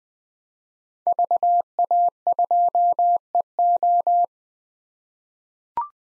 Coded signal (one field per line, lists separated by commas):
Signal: Morse code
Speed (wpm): 20 wpm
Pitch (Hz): 700 Hz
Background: none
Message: VA2EO